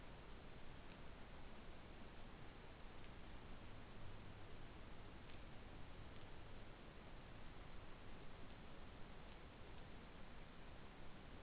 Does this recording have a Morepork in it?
no